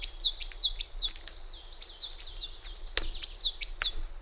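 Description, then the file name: Great tit calls, a steady stream of quick falling high notes, with a sharp click. "Parus major"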